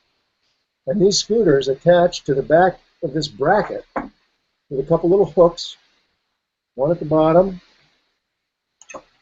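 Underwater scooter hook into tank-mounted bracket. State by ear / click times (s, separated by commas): seated / 8.8 s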